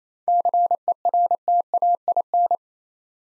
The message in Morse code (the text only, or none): CERTAIN